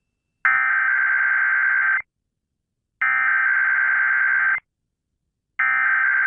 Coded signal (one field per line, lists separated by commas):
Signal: Emergency Alert System (SAME) tones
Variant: header bursts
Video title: KDKA Required Weekly Test from August 15th 2021 (EAS#373)